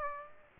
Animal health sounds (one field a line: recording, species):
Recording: mosquito wingbeat signal from an infrared sensor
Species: Aedes aegypti